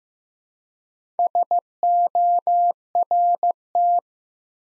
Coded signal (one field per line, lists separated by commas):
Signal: Morse code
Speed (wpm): 15 wpm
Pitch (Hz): 700 Hz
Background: none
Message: SORT